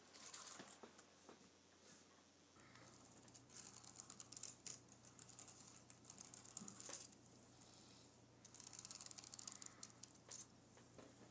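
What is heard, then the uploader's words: Fingernails graze and scratch across a keyboard in bursts of dry, hissy scraping, with short ticks and clicks scattered throughout. The scraping thickens around four to five seconds and again from about eight to ten seconds. A low, steady hum sits underneath after the first two seconds. Nails Grazing Across my Keyboard.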